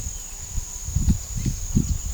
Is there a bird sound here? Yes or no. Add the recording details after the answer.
no. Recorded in pastures near Puerto Asís, Putumayo, Colombia, on 22 December 2024 at 07:30. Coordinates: 0.497, -76.327. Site G088